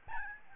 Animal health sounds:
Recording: mosquito wingbeat signal from an infrared sensor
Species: Aedes albopictus

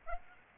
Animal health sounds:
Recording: mosquito wingbeat signal from an infrared sensor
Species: Aedes aegypti

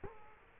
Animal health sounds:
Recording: mosquito wingbeat signal from an infrared sensor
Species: Culex quinquefasciatus

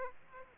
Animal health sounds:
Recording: mosquito wingbeat signal from an infrared sensor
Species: Aedes aegypti

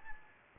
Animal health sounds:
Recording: mosquito wingbeat signal from an infrared sensor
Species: Anopheles gambiae

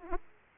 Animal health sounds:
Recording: mosquito wingbeat signal from an infrared sensor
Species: Aedes aegypti

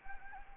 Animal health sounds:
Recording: mosquito wingbeat signal from an infrared sensor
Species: Anopheles gambiae

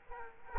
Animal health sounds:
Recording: mosquito wingbeat signal from an infrared sensor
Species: Aedes aegypti

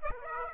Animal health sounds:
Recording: mosquito wingbeat signal from an infrared sensor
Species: Aedes aegypti

